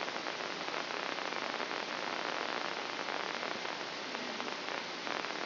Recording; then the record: brain microelectrode recording played as sound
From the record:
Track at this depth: inside the subthalamic nucleus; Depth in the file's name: 3.114 mm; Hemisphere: left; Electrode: 2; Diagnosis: Parkinson's disease